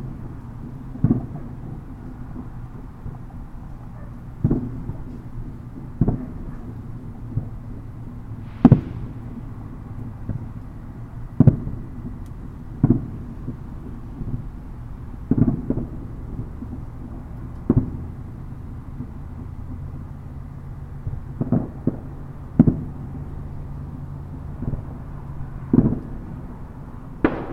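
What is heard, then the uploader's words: Fireworks pop and thump at irregular intervals, roughly every one to three seconds, each a short muffled burst with a low rumble. A louder, sharper bang comes near nine seconds. A steady low hum of background noise sits underneath throughout. Illegal Fireworks. Recordings of people's fireworks around here.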